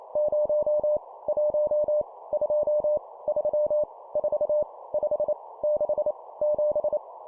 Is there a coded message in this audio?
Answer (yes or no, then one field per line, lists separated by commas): yes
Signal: Morse code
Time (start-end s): 0.2-7.0 s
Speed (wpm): 28 wpm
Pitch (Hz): 600 Hz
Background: none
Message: 0 1 2 3 4 5 6 7